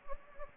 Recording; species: mosquito wingbeat signal from an infrared sensor; Anopheles gambiae